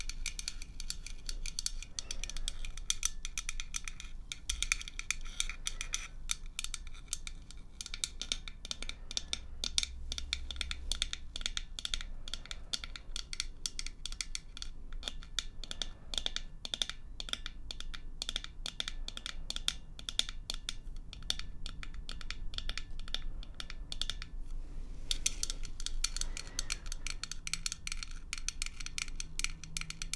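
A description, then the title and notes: Tapping runs through the whole half minute as a dense, fast patter of small, crisp clicks, bright and dry, like fingertips or a hard tip drumming on a surface. The rate stays busy throughout, briefly thinning just before 25 seconds, over a low steady hum. Tapping.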